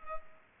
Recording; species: mosquito wingbeat signal from an infrared sensor; Culex pipiens